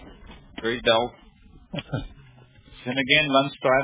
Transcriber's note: laughs